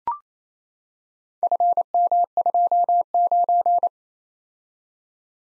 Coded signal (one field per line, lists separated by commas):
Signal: Morse code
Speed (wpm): 29 wpm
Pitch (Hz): 700 Hz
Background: none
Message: FM29